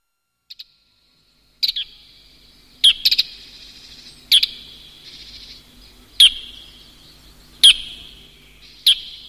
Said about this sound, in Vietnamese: Tiếng hót trầm và buồn với những âm thanh đều đặn và êm ái. Em nhận ra tiếng chim sáo.